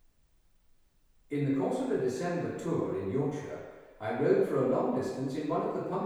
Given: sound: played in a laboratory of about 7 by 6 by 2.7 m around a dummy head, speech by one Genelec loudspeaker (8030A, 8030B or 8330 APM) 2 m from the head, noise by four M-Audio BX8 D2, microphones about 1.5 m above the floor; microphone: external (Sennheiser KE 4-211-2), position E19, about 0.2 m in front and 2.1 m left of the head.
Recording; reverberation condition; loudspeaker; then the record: male speech in English; high; in front (0 degrees)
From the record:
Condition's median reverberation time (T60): about 1300 ms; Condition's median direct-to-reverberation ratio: about -4.0 dB